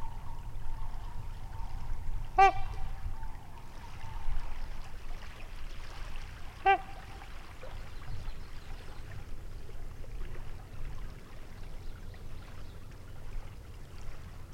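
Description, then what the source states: Trumpeter swan sounding two brassy, honking trumpet notes about four seconds apart against a constant low background rumble. Trumpet calls recorded near a lake in Wisconsin, 2019.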